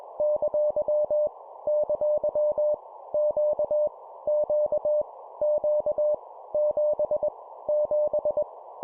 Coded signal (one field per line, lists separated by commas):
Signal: Morse code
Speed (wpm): 21 wpm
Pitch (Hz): 600 Hz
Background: none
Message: ! ! Q Q Q 7 7